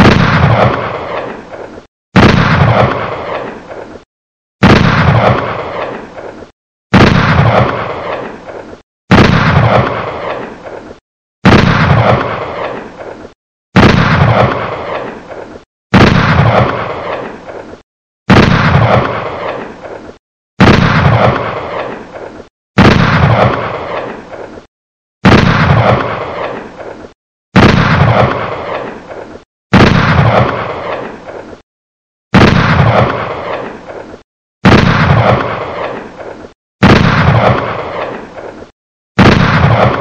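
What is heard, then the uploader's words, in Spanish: Heavy revolver shots ring out one after another at a steady pace, roughly every two seconds, each a loud sharp crack with a booming low body that decays over about a second and a half. Near-silent gaps separate the shots, with no other sounds. El sonido de un revólver Magnum 44.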